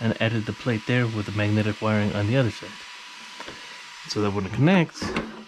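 Someone talks while handling the magnetic LED connector plate on the body of an XRT RC car, with magnetic wiring on the chassis side meant to connect the lights when the body goes on. Between the speech there is only a quiet stretch with faint handling noise. Nothing has seated or clicked yet.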